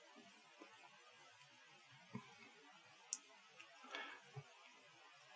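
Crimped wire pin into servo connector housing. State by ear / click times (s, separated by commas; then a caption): seated / 3.1 s. A crimped metal pin on the end of a wire is slid into a plastic servo connector block until it locks in place. Faint rustling and a few soft taps lead up to a sharp, bright click at 3.1 seconds, followed by quieter handling sounds. The pin is seated in the connector housing.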